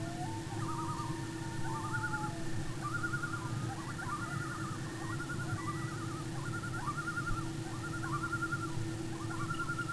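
Common loon tremolo calls, rapid quavering notes in bursts repeated throughout, with a steady droning hum and low background rumble.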